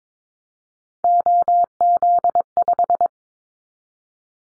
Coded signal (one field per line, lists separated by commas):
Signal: Morse code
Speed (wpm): 22 wpm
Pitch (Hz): 700 Hz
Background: none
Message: OZ5